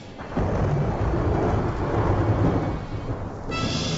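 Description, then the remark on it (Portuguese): Deep, rolling thunder rumbles steadily for several seconds after a brief quiet start, with a broad hiss like rain layered over the low roar and no voices. “E ouvi uma voz do céu que me dizia: sela o que os sete trovões falaram, e não o escrevas.”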